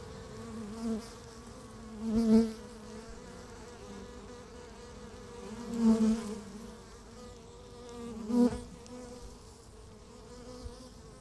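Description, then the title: Honey bee hive hum, steady and low, with three or four louder swelling buzzes of single bees passing. Beehive at Laren, Gelderland, Netherlands, recorded July 17, 2015; not a binaural recording. "Beehive. Bijenkorf (Laren Gld., July 17th 2015)"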